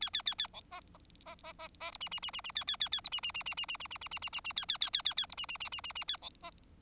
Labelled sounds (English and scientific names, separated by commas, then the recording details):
Bengalese Finch (Lonchura striata domestica) song
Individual Bird4